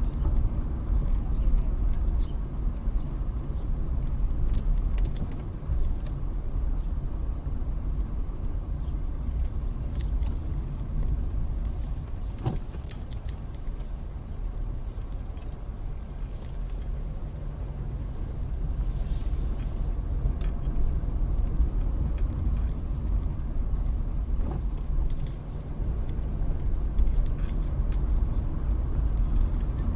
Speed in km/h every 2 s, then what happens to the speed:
21, 19, 18, 18, 16, 11, 10, 8, 10, 18, 23, 18, 18, 23, 24.
0-7 steady at about 18. 7-11 slows to 10. 11-16 steady at about 10. 16-19 speeds up to 23. 19-24 steady at about 18. 24-30 speeds up to 24.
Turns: 8-18.